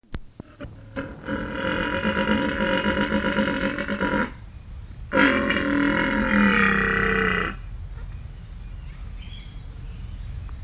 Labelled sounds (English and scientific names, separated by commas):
Père David's Deer (Elaphurus davidianus) rut call